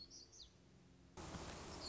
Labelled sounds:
Black-throated Gray Warbler (Setophaga nigrescens)

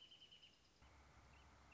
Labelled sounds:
Wrentit (Chamaea fasciata)

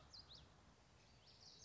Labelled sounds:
Common Yellowthroat (Geothlypis trichas)

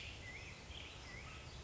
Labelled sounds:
Black-headed Grosbeak (Pheucticus melanocephalus)

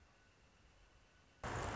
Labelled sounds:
Northern Flicker (Colaptes auratus)

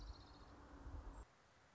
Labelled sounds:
Orange-crowned Warbler (Leiothlypis celata)

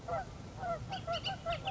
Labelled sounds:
Bullock's Oriole (Icterus bullockii)

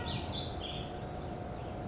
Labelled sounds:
California Towhee (Melozone crissalis)

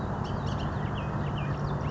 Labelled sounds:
Bullock's Oriole (Icterus bullockii)

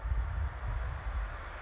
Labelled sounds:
California Towhee (Melozone crissalis)

